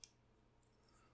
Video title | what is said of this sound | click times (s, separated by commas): Nemesis Reviews Transformers Power of the Primes Dinobot Slash | And move them all the way forward until they click into place. | 0.0 s